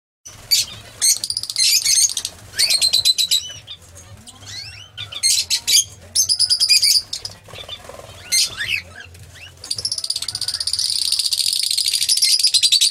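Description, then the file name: Lovebird chatter of shrill, high twittering bursts separated by quieter gaps, ending in a sustained buzzy, high-pitched trill. "lovebird omkicau"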